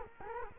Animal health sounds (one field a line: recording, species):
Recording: mosquito wingbeat signal from an infrared sensor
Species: Culex quinquefasciatus